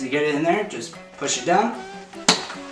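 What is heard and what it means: A RAM stick is pushed down into a motherboard memory slot while someone talks, and at 2.3 s a sharp click is heard as the retention clip snaps shut. The module is seated.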